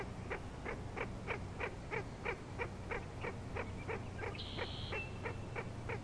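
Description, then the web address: Frog calling in a regular train of rapid pulses, about three each second, with a short high buzzy note past the middle. Frog chorus recorded at Grafton Lake on 3 May 2009. "The Frog Chorus Tunes Up On Grafton Lake"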